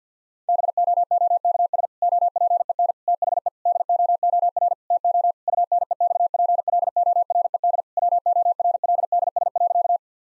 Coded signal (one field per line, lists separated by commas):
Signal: Morse code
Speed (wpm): 48 wpm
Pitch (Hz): 700 Hz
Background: none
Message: BOOKS OPEN THE DOOR TO UNEXPLORED WORLDS.